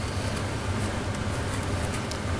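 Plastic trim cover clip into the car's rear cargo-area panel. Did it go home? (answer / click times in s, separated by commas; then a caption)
no / none. A plastic trim cover clip is being handled and pushed back toward the rear cargo-area panel of a 2010 Toyota Prius after replacing the battery with a new Optima battery. Only a steady broadband rumble with a low hum is heard, plus a brief faint tick near 2.1 s. Nothing has seated or clicked yet.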